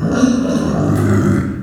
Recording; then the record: squeal of a Yucatan mini pig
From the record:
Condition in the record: after surgery on the right vocal fold (resection and tissue-engineered implant); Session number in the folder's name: 6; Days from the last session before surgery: 40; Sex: female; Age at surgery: 19 weeks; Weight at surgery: 25 kg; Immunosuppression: prednisolone